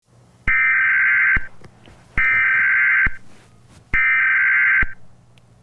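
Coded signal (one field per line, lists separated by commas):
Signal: Emergency Alert System (SAME) tones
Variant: header bursts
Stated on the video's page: Simulated EAS scenario about a facility breaking.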